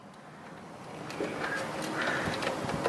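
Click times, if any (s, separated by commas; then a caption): none. A Tacoma Raptor-style marker light, after the 2018 Ford Raptor, is being pushed by its threaded stud into the hole in a truck's plastic front grille. Faint scraping and handling noise grows steadily louder over about three seconds. Nothing has seated or clicked yet.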